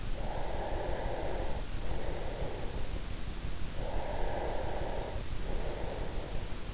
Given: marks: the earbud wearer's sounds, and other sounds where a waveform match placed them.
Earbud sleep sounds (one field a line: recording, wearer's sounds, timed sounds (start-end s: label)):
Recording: sounds in sleep by an in-ear microphone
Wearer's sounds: breath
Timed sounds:
0.09-3.11 s: breath
3.78-6.74 s: breath